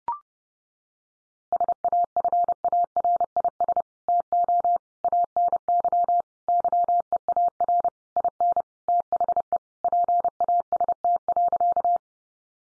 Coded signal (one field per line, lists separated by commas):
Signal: Morse code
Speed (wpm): 30 wpm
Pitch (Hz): 700 Hz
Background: none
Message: SAFARIS TO ANY YEAR IN THE PAST.